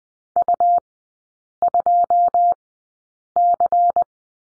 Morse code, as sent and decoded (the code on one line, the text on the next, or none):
..- ..--- -.-.
U2C